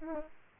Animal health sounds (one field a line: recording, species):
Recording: mosquito wingbeat signal from an infrared sensor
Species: Aedes aegypti